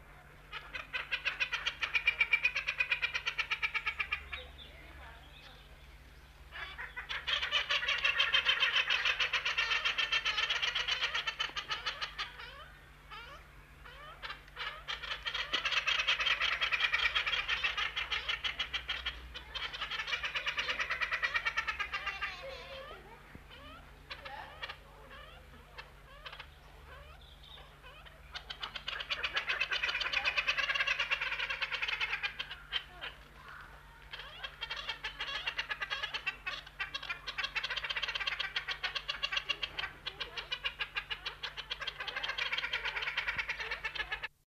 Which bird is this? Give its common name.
Inca Tern